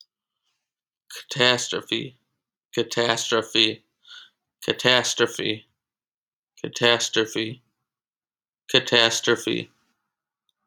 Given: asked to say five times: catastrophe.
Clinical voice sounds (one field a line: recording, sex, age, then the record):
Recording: repeated word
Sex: male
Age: 20 to 29 years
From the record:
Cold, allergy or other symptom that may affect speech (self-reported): no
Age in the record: 29 years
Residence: Illinois, United States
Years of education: 16